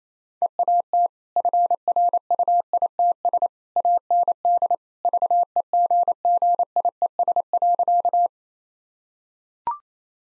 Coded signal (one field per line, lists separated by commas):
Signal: Morse code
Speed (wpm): 28 wpm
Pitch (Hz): 700 Hz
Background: none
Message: EAT FRUITS AND VEGGIES.